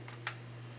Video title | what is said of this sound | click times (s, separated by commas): XLR Audio | there was a little click and a snap again | 0.3 s